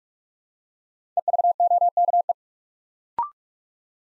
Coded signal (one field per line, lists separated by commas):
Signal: Morse code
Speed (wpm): 44 wpm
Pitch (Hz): 700 Hz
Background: none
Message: EVOKE